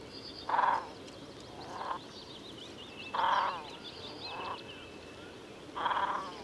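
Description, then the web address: Great crested grebe song: harsh, nasal croaking bursts, five in a row at uneven gaps, with thin high bird twitters running faintly behind. "chant xeno-canto grebe huppe"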